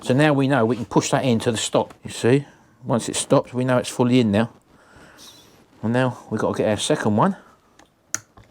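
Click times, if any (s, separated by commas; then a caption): 8.1 s. Someone talks while working on the engine of a TGB R50X scooter, then pushes the second wire circlip into the groove of the piston pin boss. It snaps home with a sharp, loud click at 8.1 s, followed by a few faint ticks. The circlip is seated in its groove.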